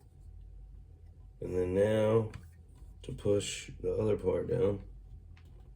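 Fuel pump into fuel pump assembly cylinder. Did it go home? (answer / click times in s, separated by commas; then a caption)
no / none. Someone talks while handling a fuel pump being pushed down into its holder in the fuel pump assembly cylinder of a 2002 Toyota Camry SE 3.0L V6. Nothing has seated or clicked yet.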